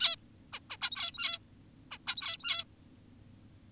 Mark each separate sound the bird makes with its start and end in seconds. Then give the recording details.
0.01-0.16, 0.53-0.60, 0.70-0.77, 0.82-1.39, 1.91-1.98, 2.07-2.65. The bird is an adult. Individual g17y2U